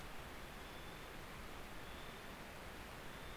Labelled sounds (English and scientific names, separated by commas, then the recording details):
North Island Brown Kiwi (Apteryx mantelli) male call
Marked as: faintness 4/5
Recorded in New Zealand on 19 October 2013
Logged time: 01:58
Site CR37